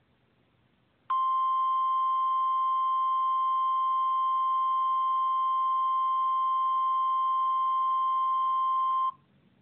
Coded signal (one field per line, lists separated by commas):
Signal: Emergency Alert System (SAME) tones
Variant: 1050 Hz attention tone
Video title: EAS Scenario- Supervillain Catastrophe part 1: Trouble in Los Angeles (Read Description)